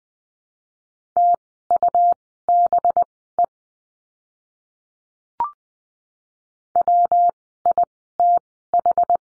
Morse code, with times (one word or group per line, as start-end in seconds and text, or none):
1.2-3.4 TUBE
6.8-9.2 WITH